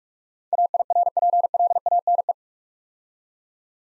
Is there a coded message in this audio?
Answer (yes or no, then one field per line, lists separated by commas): yes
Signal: Morse code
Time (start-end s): 0.5-2.3 s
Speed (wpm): 43 wpm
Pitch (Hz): 700 Hz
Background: none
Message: AIRPLANE